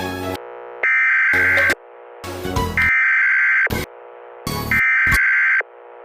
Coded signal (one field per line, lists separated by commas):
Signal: Emergency Alert System (SAME) tones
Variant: header bursts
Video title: Real Time EAS Scenario ‘The sky is falling’